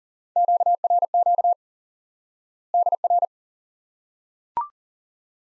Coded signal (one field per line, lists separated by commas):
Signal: Morse code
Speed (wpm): 40 wpm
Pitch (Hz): 700 Hz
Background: none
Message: QRQ DR